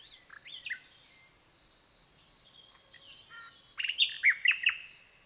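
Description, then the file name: Common nightingale song, faint whistles at first, then a louder burst of varied chirps and sharp notes in the last two seconds, over a low background hiss. "Luscinia megarhynchos"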